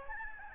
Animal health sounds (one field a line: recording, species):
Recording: mosquito wingbeat signal from an infrared sensor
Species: Aedes albopictus